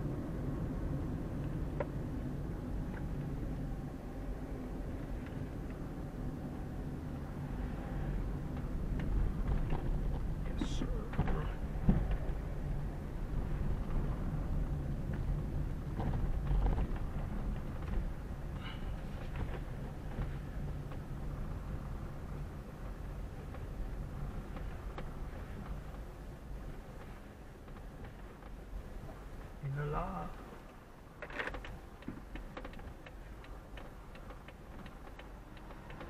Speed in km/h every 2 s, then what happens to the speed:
28, 25, 25, 21, 20, 13, 16, 16, 12, 12, 12, 9, 8, 5, 4, 3, 4, 3.
0-10 slows to 13. 14-27 slows to 4. 27-36 steady at about 3.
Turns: none.